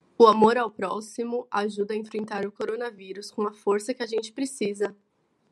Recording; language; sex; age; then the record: spoken sentence; Brazilian Portuguese; female; 20 to 29 years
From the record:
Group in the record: control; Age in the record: 29 years